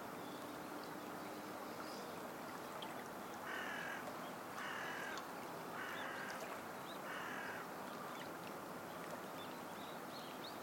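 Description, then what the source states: Bird giving four harsh, cawing calls about a second apart over steady background noise. Birdsong by the Tama River waterside in the morning as clouds turn the colour of the morning sun.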